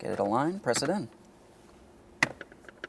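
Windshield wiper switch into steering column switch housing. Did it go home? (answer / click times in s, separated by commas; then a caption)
yes / 2.2 s. Someone talks briefly while a new plastic windshield wiper switch for a 1994–1997 Honda Accord is aligned and pressed into its mount in the steering column switch housing. After a quiet pause, a sharp click at 2.2 s marks the switch seating, followed by several fainter small clicks and taps. The switch is seated in the housing.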